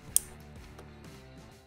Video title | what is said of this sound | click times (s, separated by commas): Fat Baggers Inc. Handlebar Install Harley Davidson Road Glide | I did mark them with right and left. I want to make sure we push these in to hear it click. | 0.2 s